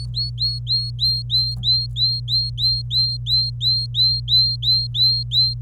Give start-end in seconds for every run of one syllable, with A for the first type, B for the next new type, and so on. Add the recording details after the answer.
0.00-5.54 A. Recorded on 26 April 2018 at 10:44. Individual llb3